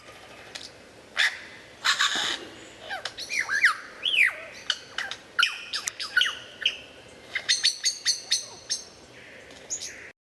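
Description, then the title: White-rumped shama singing a long, varied phrase of sharp clicks, rasping notes and looping, slurred whistles that rise and fall, with brief pauses between bursts. Murai batu mastering recording. "mster Mnuk. Mastering Murai Batu"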